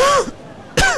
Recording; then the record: coughing mixed with background sound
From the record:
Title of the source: Coughing 51